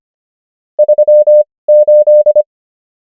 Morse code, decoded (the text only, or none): 3 8